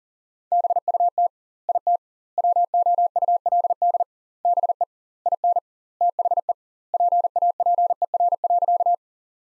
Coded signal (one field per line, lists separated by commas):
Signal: Morse code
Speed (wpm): 40 wpm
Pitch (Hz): 700 Hz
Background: none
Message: BUT IT WOULD BE IN THE PAPER.